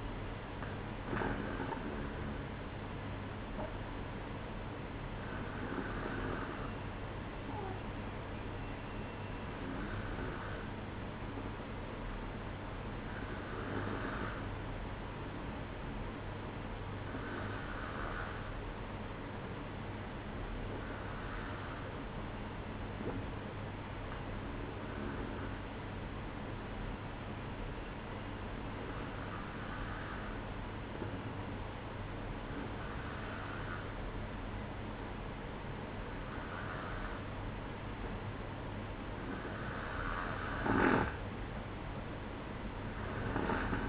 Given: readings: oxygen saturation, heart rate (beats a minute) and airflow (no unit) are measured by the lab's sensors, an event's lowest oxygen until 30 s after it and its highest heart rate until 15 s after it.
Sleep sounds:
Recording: breathing in sleep by a voice recorder at the bedside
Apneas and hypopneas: none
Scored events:
6.00-36.00 s: new sleep stage, N1 (lightest sleep)
36.00-43.89 s: new sleep stage, N2 (light sleep)
From the record:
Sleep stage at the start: N2 (light sleep)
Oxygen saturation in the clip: 93 to 94%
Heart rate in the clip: 61 to 67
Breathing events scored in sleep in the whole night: 305 in 9.6 hours asleep

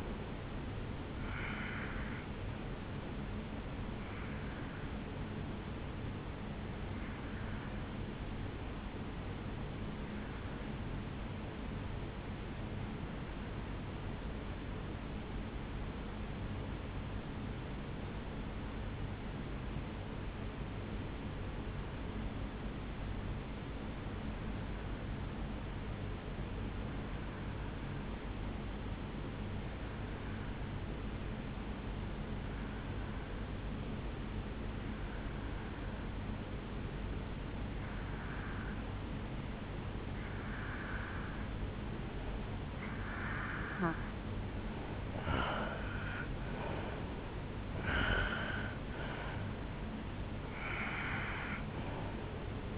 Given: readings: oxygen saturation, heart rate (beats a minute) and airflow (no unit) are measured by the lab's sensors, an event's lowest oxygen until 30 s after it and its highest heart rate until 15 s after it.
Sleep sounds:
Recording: breathing in sleep by a voice recorder at the bedside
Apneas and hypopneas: 1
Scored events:
5.00-40.90 s: hypopnea (N2, oxygen 96% highest, then 86% lowest, heart rate 65 at the start, 73 highest)
From the record:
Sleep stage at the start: N2 (light sleep)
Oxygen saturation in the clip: 86 to 96%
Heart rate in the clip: 51 to 75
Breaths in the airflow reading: 8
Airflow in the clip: -8.9 to 7.5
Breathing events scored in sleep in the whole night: 449 in 7.0 hours asleep

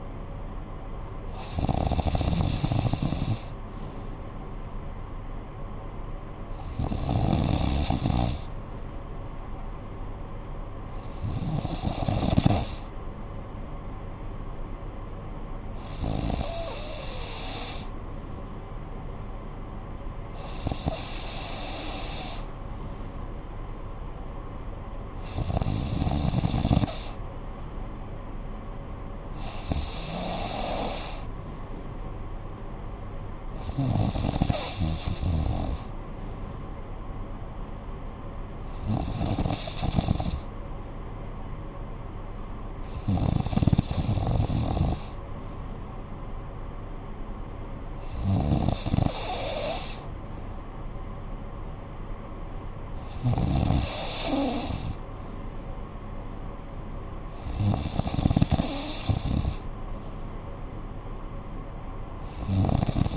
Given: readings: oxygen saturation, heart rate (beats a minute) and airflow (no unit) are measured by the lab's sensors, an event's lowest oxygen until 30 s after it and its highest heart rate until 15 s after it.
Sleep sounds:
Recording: breathing in sleep by a smartphone at the bedside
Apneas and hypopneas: none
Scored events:
56.00-63.17 s: new sleep stage, awake
58.00-63.17 s: awake
From the record:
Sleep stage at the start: N3 (deep sleep)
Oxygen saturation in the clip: 94 to 95%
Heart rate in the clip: 54 to 63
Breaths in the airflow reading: 13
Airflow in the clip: -8.6 to 5.7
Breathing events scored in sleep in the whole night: 445 in 7.6 hours asleep

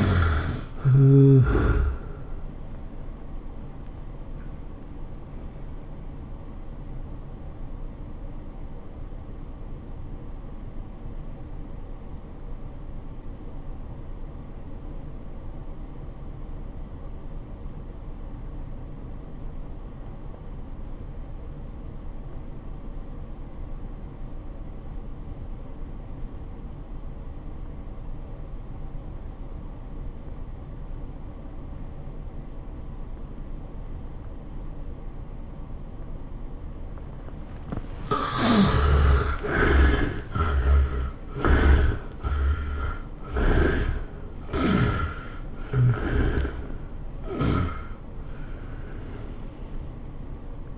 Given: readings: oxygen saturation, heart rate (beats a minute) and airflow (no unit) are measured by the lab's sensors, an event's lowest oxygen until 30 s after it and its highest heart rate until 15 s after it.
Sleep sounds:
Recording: breathing in sleep by a smartphone at the bedside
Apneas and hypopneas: 1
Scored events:
7.00-38.80 s: obstructive apnea (REM, oxygen 90% highest, then 58% lowest, heart rate 103 at the start, 111 highest)
From the record:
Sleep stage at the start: REM sleep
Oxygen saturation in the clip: 58 to 90%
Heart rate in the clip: 59 to 114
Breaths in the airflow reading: 7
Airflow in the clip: -14.0 to 11.2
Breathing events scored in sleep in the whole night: 403 in 5.5 hours asleep

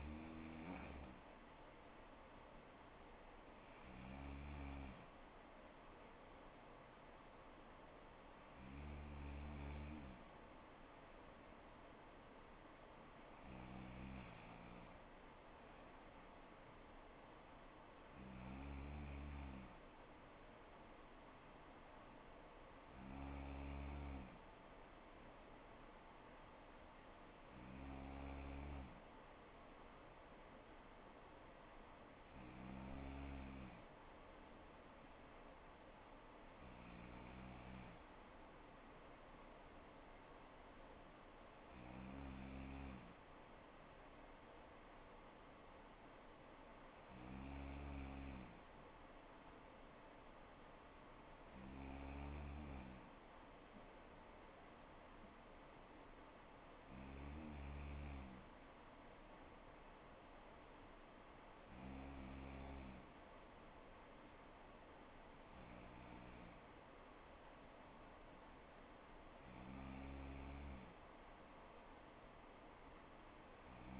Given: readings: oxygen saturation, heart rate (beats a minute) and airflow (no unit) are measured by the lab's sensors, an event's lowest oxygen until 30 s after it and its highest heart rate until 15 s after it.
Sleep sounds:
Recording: breathing in sleep by a voice recorder at the bedside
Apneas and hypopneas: none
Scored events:
56.00-74.00 s: new sleep stage, N3 (deep sleep)
From the record:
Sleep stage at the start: N2 (light sleep)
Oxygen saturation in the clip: 95%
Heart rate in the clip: 60 to 65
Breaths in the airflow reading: 15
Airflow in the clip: -4.4 to 3.5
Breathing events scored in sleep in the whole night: 79 in 6.3 hours asleep

